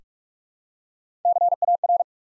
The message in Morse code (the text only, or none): CAR